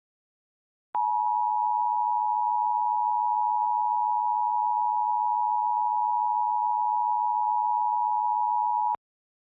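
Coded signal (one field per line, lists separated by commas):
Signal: Emergency Alert System (SAME) tones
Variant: 853 and 960 Hz attention tone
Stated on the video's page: Recreated alert with valid EAS tones.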